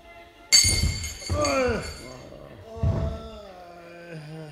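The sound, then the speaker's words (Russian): A judge tumbles off a chair with a sudden loud crash, clattering and glassy clinks ringing out, followed by a second thump about two seconds later as the noise settles. “А это судья упал со стула.”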